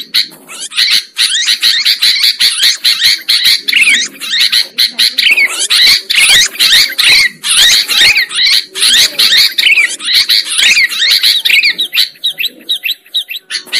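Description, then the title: Sooty-headed bulbul song as an almost unbroken stream of scratchy, rapidly repeated chattering notes. Used as a bird lure. "PIKAT BURUNG KUTILANG"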